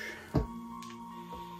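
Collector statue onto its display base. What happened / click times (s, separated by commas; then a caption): The figure snapped down onto its base / 0.4 s. A Resident Evil collector's statue is pressed down onto its display base, which carries the brigade logo and the character's name on the front. A single short, sharp hit sounds at 0.4 s over faint steady music. The statue seats firmly fixed on the base.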